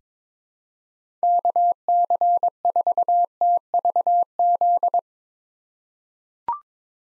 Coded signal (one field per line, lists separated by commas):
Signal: Morse code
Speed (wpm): 22 wpm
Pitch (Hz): 700 Hz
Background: none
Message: KC4TVZ